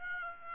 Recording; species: mosquito wingbeat signal from an infrared sensor; Aedes aegypti